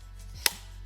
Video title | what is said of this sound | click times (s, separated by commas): Sigma 135 f1.4 Review: a NEVER BEFORE SEEN Portrait Lens! (WOW!) | Click, boom. | 0.5 s